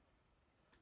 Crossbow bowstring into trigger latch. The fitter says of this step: Listen for the click. Let off.